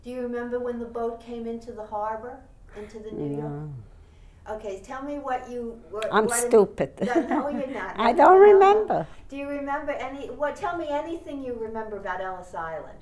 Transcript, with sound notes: Do you remember when the boat came into the harbor, into the New York...
No.
Okay. Tell me what you were...
I'm stupid. ( she laughs )
No, you're not.
I don't remember.
Do you remember any, well, tell me anything you remember about Ellis Island.